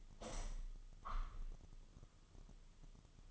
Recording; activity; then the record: daily activity, microphone in the room; open window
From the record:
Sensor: 4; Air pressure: 1005.6 hPa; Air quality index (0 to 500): 99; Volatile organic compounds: 2 ppm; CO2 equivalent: 1223 ppm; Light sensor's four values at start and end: 13/29/11/11 and 13/29/11/11